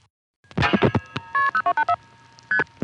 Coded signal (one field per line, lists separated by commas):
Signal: multi-frequency trunk signalling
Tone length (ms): 80 ms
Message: KP0284 ST